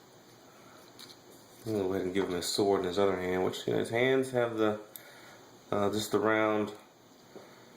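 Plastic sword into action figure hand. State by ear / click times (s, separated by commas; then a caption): not seated / none. A plastic sword is handled near the round peg hole in the hand of a plastic action figure while someone talks over faint background handling noise. Nothing has seated or clicked into the hand yet.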